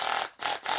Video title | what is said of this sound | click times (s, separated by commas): How To Use a Cordless Drill | Do you hear that clicking noise? | 0.1 s, 0.2 s